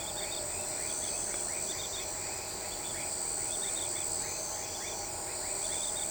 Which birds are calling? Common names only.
none